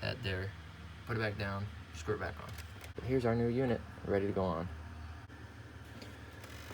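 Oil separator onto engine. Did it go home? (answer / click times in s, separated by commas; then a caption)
no / none. Someone talks while a new plastic oil separator is brought over and set roughly in place on the engine of a 2016 Audi Q5 2.0T during an oil separator and front timing cover gasket replacement. The part is not pushed home yet, and nothing has clicked or seated.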